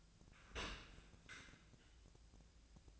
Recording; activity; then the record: daily activity, microphone in the room; open dishwasher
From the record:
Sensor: 2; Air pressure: 1000.4 hPa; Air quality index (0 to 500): 161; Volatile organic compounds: 3 ppm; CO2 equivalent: 1335 ppm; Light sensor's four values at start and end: 13/35/14/16 and 13/36/14/16